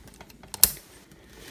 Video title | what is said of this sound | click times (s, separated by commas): Video Review: Titans Return MISFIRE w/Aimless | snaps right into place probably the best nice good solid click and stays in place | 0.6 s